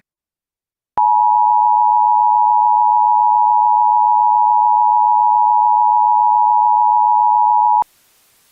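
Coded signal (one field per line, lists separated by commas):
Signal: Emergency Alert System (SAME) tones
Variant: 853 and 960 Hz attention tone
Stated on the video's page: Fictional EAS scenario.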